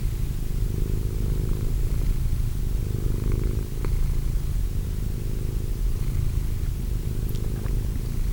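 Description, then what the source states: Cat purr, a low steady rumble pulsing with the breath, with a few faint clicks. Cat named Wilson.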